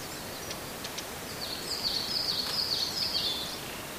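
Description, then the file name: Siberian blue robin singing one quick, high-pitched series of repeated chipping notes that lasts nearly two seconds, set against a constant hissing natural background. "koruri"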